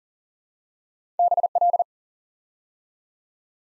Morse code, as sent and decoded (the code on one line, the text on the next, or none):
-... .-..
BL